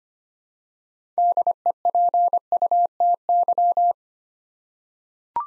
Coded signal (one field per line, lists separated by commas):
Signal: Morse code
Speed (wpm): 25 wpm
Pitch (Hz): 700 Hz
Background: none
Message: DEPUTY